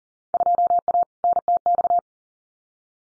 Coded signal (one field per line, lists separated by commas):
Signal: Morse code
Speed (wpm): 38 wpm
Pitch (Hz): 700 Hz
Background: none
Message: 2A NTX